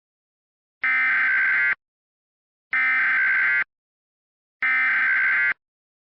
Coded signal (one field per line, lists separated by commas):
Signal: Emergency Alert System (SAME) tones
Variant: header bursts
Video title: EAS Mock: Oh great...